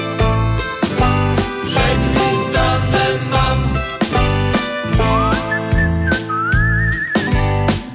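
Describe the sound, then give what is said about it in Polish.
A rhythmic band with thumping drums and bass plays, and about halfway through a high whistled melody comes in, sliding and wavering over the steady beat. “Ja gwiżdżę na wszystko, co daleko jest i co jest blisko, a w związku z tym gwizdaniem sam przegwizdane mam.”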